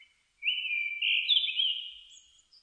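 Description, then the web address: Japanese thrush producing one long, warbling whistled phrase that rises slightly and then tapers off, followed by two faint thin high notes. Recorded 4 May 2001. "2001 010504 kurotugumi"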